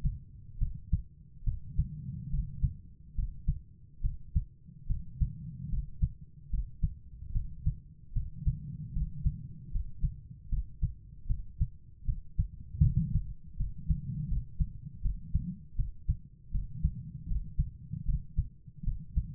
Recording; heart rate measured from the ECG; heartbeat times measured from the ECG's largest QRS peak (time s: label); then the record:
heart sounds by stethoscope; 76 bpm
0.58 s: heartbeat
1.43 s: heartbeat
2.29 s: heartbeat
3.14 s: heartbeat
4.01 s: heartbeat
4.86 s: heartbeat
5.69 s: heartbeat
6.49 s: heartbeat
7.31 s: heartbeat
8.12 s: heartbeat
8.92 s: heartbeat
9.71 s: heartbeat
10.48 s: heartbeat
11.26 s: heartbeat
12.04 s: heartbeat
12.80 s: heartbeat
13.56 s: heartbeat
14.27 s: heartbeat
15.01 s: heartbeat
15.75 s: heartbeat
16.51 s: heartbeat
17.27 s: heartbeat
18.05 s: heartbeat
18.83 s: heartbeat
From the record:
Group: healthy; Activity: rest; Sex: female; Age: 32 years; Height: 172 cm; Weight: 71.7 kg